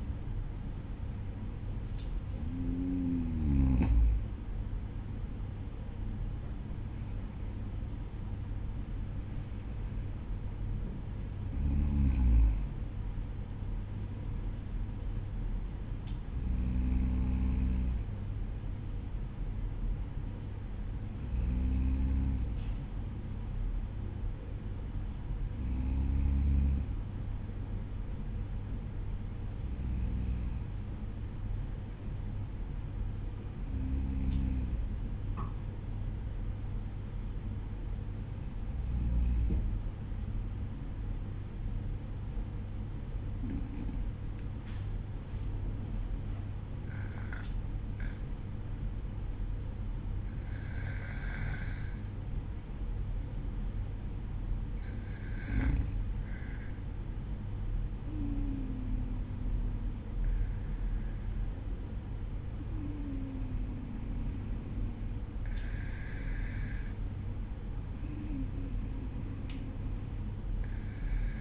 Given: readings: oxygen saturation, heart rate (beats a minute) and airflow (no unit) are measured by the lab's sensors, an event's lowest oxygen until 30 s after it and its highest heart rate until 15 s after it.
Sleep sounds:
breathing in sleep by a smartphone at the bedside; 1
41.00-58.30 s: hypopnea (N2, oxygen 96% highest, then 93% lowest, heart rate 52 at the start, 54 highest)
From the record:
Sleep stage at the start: N2 (light sleep); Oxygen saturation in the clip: 93 to 96%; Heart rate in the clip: 50 to 56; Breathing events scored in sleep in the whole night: 305 in 9.6 hours asleep

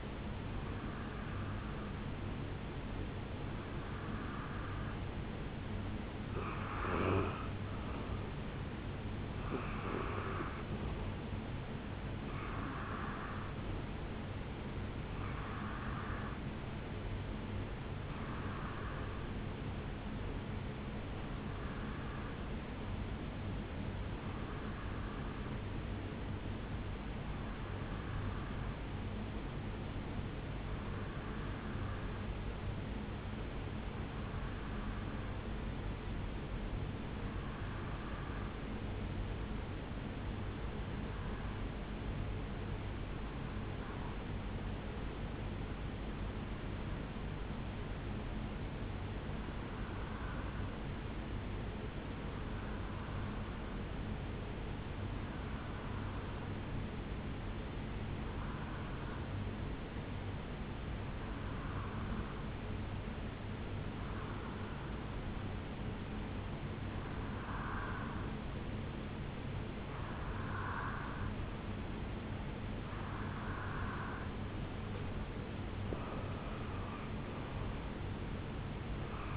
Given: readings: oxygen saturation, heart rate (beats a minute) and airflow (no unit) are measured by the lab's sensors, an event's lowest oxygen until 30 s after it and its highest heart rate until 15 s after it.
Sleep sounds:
breathing in sleep by a voice recorder at the bedside; 1
32.00-73.80 s: hypopnea (N2, oxygen 94% highest, then 89% lowest, heart rate 67 at the start, 75 highest)
From the record:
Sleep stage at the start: N2 (light sleep); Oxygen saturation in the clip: 89 to 94%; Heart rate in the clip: 65 to 74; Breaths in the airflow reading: 22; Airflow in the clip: -8.0 to 4.3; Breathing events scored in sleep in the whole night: 449 in 7.0 hours asleep

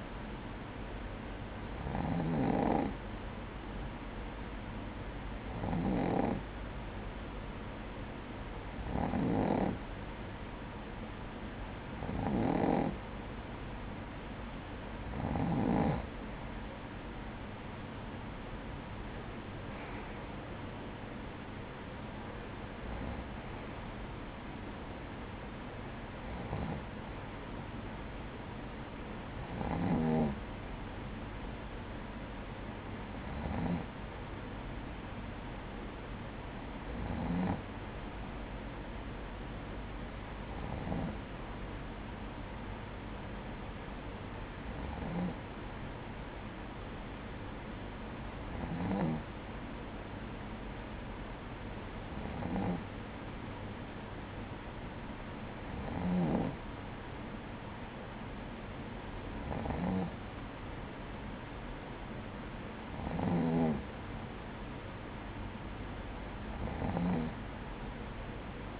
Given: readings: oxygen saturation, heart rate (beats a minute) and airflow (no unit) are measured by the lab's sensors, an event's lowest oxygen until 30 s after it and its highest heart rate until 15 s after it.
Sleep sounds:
breathing in sleep by a voice recorder at the bedside; none
none scored
From the record:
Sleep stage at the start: N2 (light sleep); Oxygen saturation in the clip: 94 to 96%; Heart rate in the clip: 54 to 58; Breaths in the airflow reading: 19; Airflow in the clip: -9.1 to 6.8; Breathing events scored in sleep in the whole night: 180 in 6.7 hours asleep

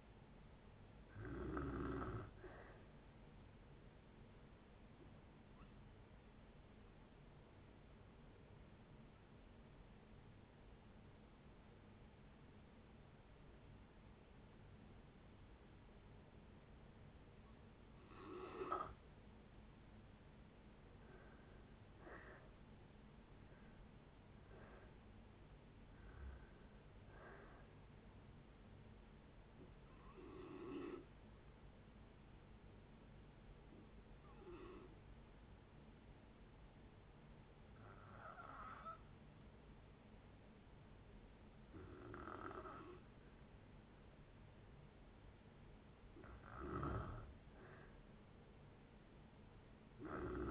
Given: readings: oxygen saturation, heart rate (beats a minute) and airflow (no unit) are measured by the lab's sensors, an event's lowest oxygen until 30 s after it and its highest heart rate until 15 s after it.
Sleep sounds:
breathing in sleep by a voice recorder at the bedside; 2
4.00-20.30 s: hypopnea (N2, oxygen 93% highest, then 84% lowest, heart rate 63 at the start, 76 highest)
12.00-42.00 s: new sleep stage, N1 (lightest sleep)
30.00-45.60 s: hypopnea (N1, oxygen 95% highest, then 92% lowest, heart rate 76 at the start, 76 highest)
42.00-50.51 s: new sleep stage, N2 (light sleep)
From the record:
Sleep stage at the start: N2 (light sleep); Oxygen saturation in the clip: 84 to 96%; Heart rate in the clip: 56 to 76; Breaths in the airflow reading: 11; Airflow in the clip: -9.5 to 12.1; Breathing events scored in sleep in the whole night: 496 in 5.4 hours asleep

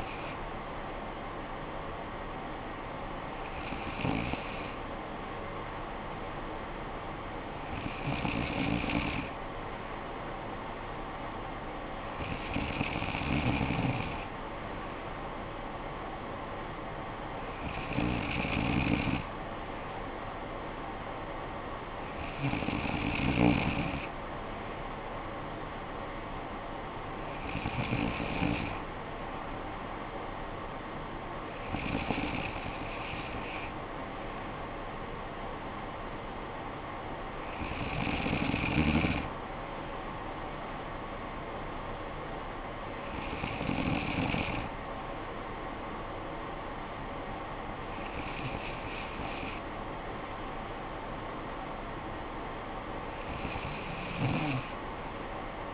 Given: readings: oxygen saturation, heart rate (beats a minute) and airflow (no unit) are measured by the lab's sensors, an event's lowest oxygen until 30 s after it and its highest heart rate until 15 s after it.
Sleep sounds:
breathing in sleep by a voice recorder at the bedside; none
21.00-51.00 s: new sleep stage, N3 (deep sleep)
51.00-55.74 s: new sleep stage, N2 (light sleep)
From the record:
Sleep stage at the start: N2 (light sleep); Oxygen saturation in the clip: 94 to 95%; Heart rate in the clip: 50 to 63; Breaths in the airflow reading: 12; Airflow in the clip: -10.1 to 6.9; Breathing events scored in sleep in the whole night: 445 in 7.6 hours asleep

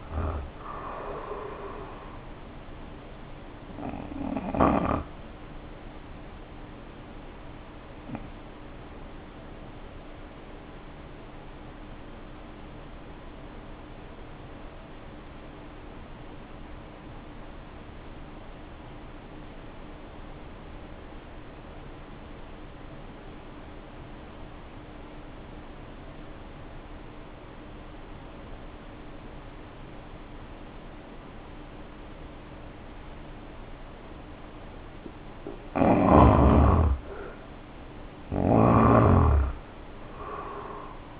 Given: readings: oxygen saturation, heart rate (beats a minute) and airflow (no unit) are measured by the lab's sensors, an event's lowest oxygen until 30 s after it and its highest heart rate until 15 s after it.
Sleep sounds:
breathing in sleep by a voice recorder at the bedside; 1
3.00-36.80 s: hypopnea (N1, oxygen 88% highest, then 72% lowest, heart rate 72 at the start, 72 highest)
10.00-40.00 s: new sleep stage, N2 (light sleep)
40.00-41.20 s: new sleep stage, N1 (lightest sleep)
From the record:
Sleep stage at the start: N1 (lightest sleep); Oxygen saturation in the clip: 72 to 88%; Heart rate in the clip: 52 to 73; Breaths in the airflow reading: 11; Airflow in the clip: -1.3 to 1.8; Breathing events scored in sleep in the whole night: 520 in 7.2 hours asleep

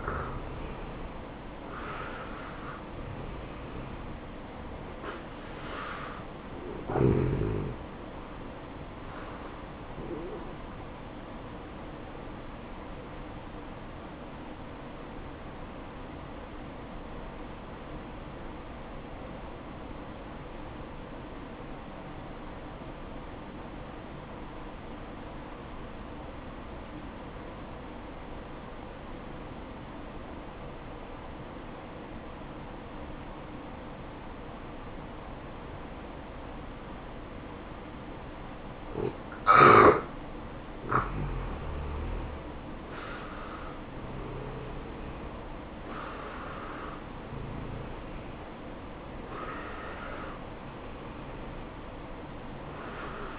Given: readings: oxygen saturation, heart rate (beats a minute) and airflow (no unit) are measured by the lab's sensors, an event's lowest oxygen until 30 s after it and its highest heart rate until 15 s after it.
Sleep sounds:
breathing in sleep by a voice recorder at the bedside; 1
12.00-40.10 s: hypopnea (N1, oxygen 95% highest, then 86% lowest, heart rate 64 at the start, 64 highest)
26.00-53.39 s: new sleep stage, N2 (light sleep)
From the record:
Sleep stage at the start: N1 (lightest sleep); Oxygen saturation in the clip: 87 to 95%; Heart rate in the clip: 57 to 74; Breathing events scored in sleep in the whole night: 573 in 9.8 hours asleep

